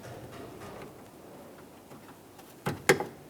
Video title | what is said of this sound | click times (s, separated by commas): How to Replace Tailgate Lock Actuator 1998-2002 Lincoln Navigator | press that in listen for a click give it a tug to make sure it's completely secure | 2.9 s